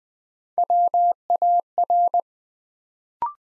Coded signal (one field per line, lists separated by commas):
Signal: Morse code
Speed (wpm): 21 wpm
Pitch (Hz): 700 Hz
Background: none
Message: WAR